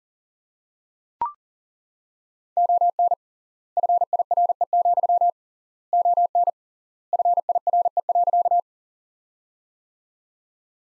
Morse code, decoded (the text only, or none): ON FIRE, ON FIRE.